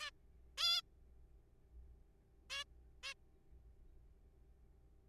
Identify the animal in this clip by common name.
Zebra Finch